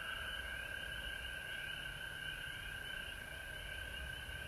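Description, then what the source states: A steady frog chorus rings continuously, with a soft low rumble behind. Recorded at home in Georgia on March 19, 2020.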